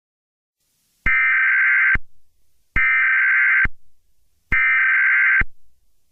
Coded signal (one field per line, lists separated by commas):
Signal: Emergency Alert System (SAME) tones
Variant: header bursts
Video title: Friday the 13th: The EAS Scenario (#90)